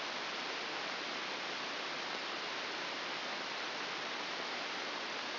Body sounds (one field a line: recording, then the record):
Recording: brain microelectrode recording played as sound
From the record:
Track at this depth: outside the subthalamic nucleus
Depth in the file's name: 5.898 mm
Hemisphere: left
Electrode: 2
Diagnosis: Parkinson's disease